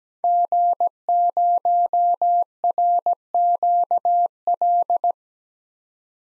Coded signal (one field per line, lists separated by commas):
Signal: Morse code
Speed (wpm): 17 wpm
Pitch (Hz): 700 Hz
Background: none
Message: G0RQL